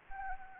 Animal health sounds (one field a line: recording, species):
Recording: mosquito wingbeat signal from an infrared sensor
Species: Anopheles arabiensis